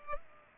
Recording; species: mosquito wingbeat signal from an infrared sensor; Culex pipiens